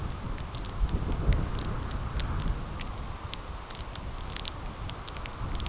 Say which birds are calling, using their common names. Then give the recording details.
none. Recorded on Arctic tundra, site CORI-1, on 15 June 2018. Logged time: 12:00